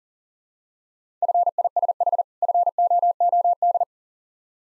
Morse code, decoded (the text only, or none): FISH FOOD